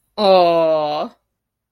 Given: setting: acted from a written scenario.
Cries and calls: vocal sound without words; adoration

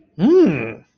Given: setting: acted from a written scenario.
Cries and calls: vocal sound without words; realization

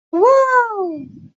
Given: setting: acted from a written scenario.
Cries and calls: vocal sound without words; ecstasy

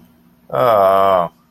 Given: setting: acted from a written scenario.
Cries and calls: vocal sound without words; disappointment

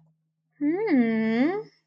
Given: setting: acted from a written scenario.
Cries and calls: vocal sound without words; desire

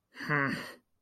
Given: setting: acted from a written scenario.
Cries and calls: vocal sound without words; contempt

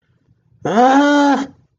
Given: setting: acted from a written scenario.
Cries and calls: vocal sound without words; negative surprise

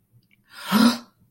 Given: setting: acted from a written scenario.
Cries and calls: vocal sound without words; awe

